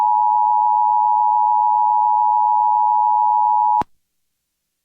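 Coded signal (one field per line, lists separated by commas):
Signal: Emergency Alert System (SAME) tones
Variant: 853 and 960 Hz attention tone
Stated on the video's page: Weekly Thursday EAS tests.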